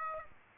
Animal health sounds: mosquito wingbeat signal from an infrared sensor; Aedes aegypti

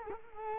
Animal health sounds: mosquito wingbeat signal from an infrared sensor; Culex quinquefasciatus

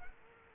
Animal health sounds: mosquito wingbeat signal from an infrared sensor; Culex quinquefasciatus

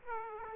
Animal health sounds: mosquito wingbeat signal from an infrared sensor; Aedes aegypti

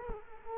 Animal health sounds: mosquito wingbeat signal from an infrared sensor; Culex quinquefasciatus

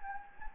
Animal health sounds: mosquito wingbeat signal from an infrared sensor; Anopheles gambiae

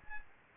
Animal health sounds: mosquito wingbeat signal from an infrared sensor; Aedes albopictus

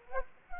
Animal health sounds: mosquito wingbeat signal from an infrared sensor; Culex quinquefasciatus

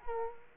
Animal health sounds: mosquito wingbeat signal from an infrared sensor; Culex quinquefasciatus

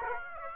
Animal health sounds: mosquito wingbeat signal from an infrared sensor; Aedes aegypti

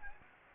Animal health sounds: mosquito wingbeat signal from an infrared sensor; Anopheles gambiae

